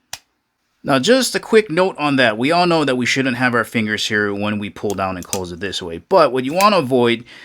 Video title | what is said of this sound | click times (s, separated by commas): NEW 2025 CIVIVI BUSTER FG REVIEW – MASSIVE FOLDING EDC KNIFE | this groove right here will lock against the stop pin. | 0.1 s